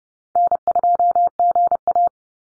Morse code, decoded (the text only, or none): N2GA